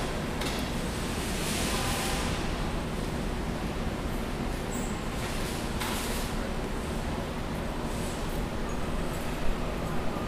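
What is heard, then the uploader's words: Street ambience by the entrance to a Trader Joe's in Midtown, a steady, dense rumble of traffic with a low, heavy undertone throughout. Brief hissing swells rise and fall around 1.5, 5.5 and 6 seconds, and a short sharp knock stands out near 9.5 seconds. Standing by the flowers outside the entrance to Trader Joe’s in Midtown.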